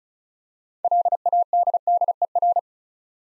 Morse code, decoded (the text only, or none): LADDER